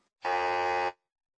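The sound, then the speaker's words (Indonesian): A single flat, harsh buzz of a quiz-show wrong-answer buzzer, sounded when a contestant gives a wrong answer, holding one steady, loud, rich tone for under a second and then cutting off into silence. “Bunyinya adalah buuup. Ini berasal dari suara bel.”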